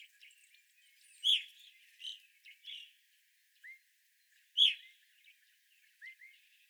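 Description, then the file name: Evening grosbeak calls: a few loud, clear chirped notes, with softer short chips and brief slurred notes between them. Several evening grosbeaks recorded on 25 April 2021. "2021-04-25 Evening Grosbeaks"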